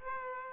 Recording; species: mosquito wingbeat signal from an infrared sensor; Aedes aegypti